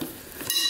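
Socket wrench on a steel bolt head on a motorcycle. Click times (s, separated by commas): 0.5 s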